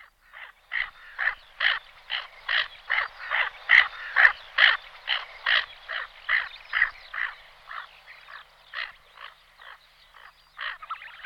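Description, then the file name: Tufted duck giving harsh, rasping growls repeated about twice a second in a long uneven series, some notes louder and rougher than others. "polák chocholačka"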